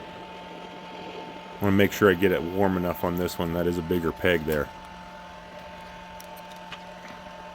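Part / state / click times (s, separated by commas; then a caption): action figure leg onto hip peg / seated / 6.7 s. Someone talks while the larger peg is warmed, then a plastic action figure leg is pushed onto the figure's hip peg over a low steady hum. A short snap at 6.7 s marks the leg peg seating fully into place.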